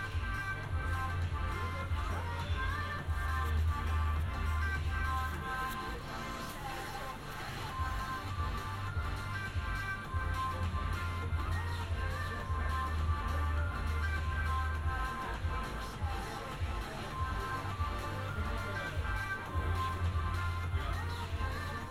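A binaural field recording in Amsterdam, made of a steady, busy mix of murmuring voices and a constant low rumble. Deep droning swells come and go every few seconds, likely from an engine or passing vehicle, while brighter chatter and clatter fill the background throughout.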